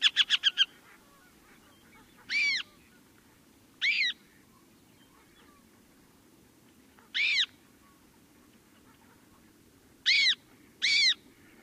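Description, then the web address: Northern harrier calls: a brief fast chatter at the start, then five thin whistles spaced up to a few seconds apart, the last two close together. "Songs of Birds of North America Know Your Bird Sounds. Northern Harrier"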